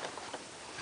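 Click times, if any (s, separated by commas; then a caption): none. While reassembling a phone, the ribbon cable for the power and volume buttons is handled near its connector on the main board. Only steady, soft broadband handling noise is heard, with faint light taps around 0.0 and 0.3 seconds. Nothing has seated or clicked yet.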